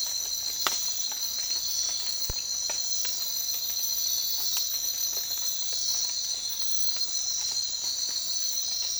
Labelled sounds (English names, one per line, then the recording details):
none
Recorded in secondary vegetation near Puerto Asís, Putumayo, Colombia, on 19 March 2025 at 04:00
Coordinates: 0.499, -76.323
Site G094